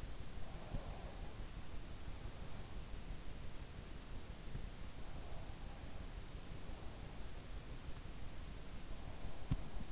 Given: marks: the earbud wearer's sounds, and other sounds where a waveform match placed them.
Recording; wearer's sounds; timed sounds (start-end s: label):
sounds in sleep by an in-ear microphone; breath
0.00-1.57 s: breath